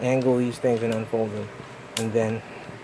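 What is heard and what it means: Someone talks while handling a plastic Power of the Primes Voyager Starscream transforming figure, angling and unfolding its jet-mode parts before bringing them down to snap into the figure body. Only faint handling sounds are heard under the talking, and nothing has seated or clicked yet.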